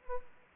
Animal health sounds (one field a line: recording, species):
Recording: mosquito wingbeat signal from an infrared sensor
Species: Aedes aegypti